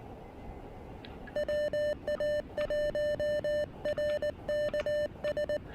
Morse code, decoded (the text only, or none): WA1RKS